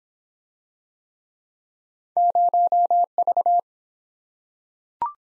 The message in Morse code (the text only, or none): 0V